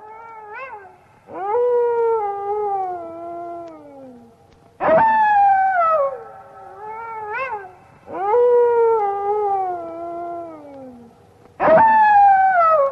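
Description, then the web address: Dog howls repeated several times, each a sustained, gradually falling wail, some opening with a sharp burst and interspersed with short wavering notes. "animali cani cani dog"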